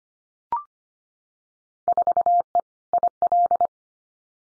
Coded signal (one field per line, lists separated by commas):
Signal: Morse code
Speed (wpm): 25 wpm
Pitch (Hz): 700 Hz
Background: none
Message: 4E IL